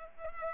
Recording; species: mosquito wingbeat signal from an infrared sensor; Culex pipiens